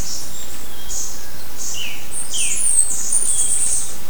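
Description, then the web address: Bird calls: high-pitched chirps and a few lower, sharply falling notes overlapping in the second half, against a continuous background hiss. "BIRD 2015 SABIOD"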